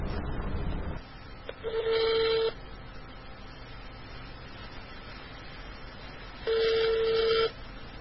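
Two steady, mid-pitched telephone tones ring out on a call line, each lasting about a second with a long pause between, over a faint hiss and no talking.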